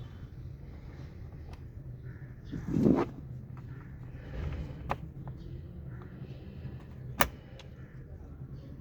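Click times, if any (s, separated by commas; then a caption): 4.9 s, 7.2 s. A new plastic push-type glove box light switch for a Kia Sportage is slid into its opening in the plastic glove box housing, with the arrow symbol on its front facing upward. Soft handling and scraping noises lead to two sharp clicks at 4.9 s and 7.2 s as the locking tabs seat into the housing.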